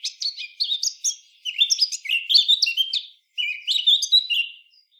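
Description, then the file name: Eurasian blackcap song: a continuous, fast, melodious warble of clear whistled and chattering notes, with one brief break before a final fluty phrase. "Sylvia atricapilla"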